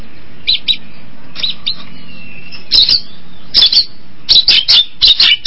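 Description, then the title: Long-tailed shrike song: scattered scratchy notes, a faint thin whistle, then a series of loud harsh bursts. Combination song (kombinasi) style. "Cendet Kombinasi"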